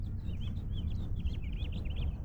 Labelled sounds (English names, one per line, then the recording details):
House Finch song
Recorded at Oceanside on Long Island, New York, on 17 June 1975
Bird C